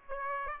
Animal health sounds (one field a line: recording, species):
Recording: mosquito wingbeat signal from an infrared sensor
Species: Aedes aegypti